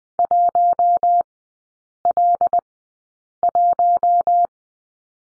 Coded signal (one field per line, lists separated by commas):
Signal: Morse code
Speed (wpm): 20 wpm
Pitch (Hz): 700 Hz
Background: none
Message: 1L1